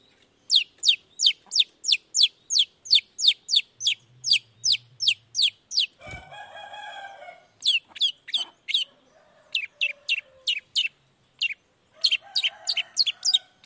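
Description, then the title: Long-tailed shrike delivering a rapid series of sharp, high, down-slurred notes, about three a second, interrupted by a brief click and a nasal harmonic phrase. Long-tailed shrike singing in the morning with varied 'toet toet' notes, played to provoke other shrikes into responding quickly. "Cendet Gacor Dor Di Kala Pagi Toet Toet Variasi Suara. Cendet Gacor Langsung Nyaut Emosi Hanya dengan Sekali Putar Bikin Cendet Lainya Cepat Respon Bunyi"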